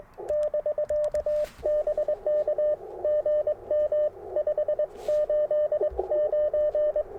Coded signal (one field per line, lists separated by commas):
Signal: Morse code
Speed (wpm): 22 wpm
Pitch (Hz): 600 Hz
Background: radio noise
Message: <BK> BK GM 589